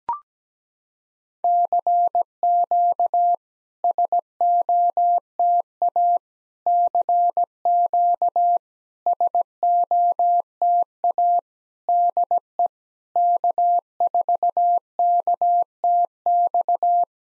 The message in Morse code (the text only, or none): CQ SOTA CQ SOTA DE K4KTX